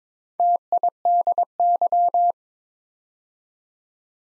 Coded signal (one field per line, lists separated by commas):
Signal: Morse code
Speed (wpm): 21 wpm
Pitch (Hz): 700 Hz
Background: none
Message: TIDY